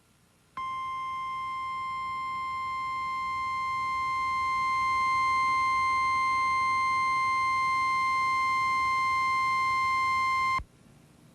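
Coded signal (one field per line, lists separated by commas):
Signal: Emergency Alert System (SAME) tones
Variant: 1050 Hz attention tone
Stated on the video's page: Genuine tornado warning aired on a TV station in western Ohio, reuploaded from another uploader.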